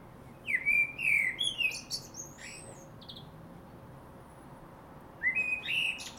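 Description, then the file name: Common blackbird singing a warbled, whistled phrase with a high twittered end, a pause, then another phrase starting. "Turdus merula"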